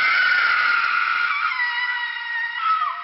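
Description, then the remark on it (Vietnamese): A woman's long, piercing scream from inside a tomb passage, shrill and sustained for about three seconds, holding steady before wavering and dropping lower at the end. “Nhưng tình huống thực tế đã lập tức phủ định khả năng này, bởi tiếng hét xé tay bên trong mộ đạo vẫn đang tiếp tục vang tới.”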